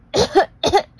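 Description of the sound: An adult narrator imitates coughing: two short cough bursts.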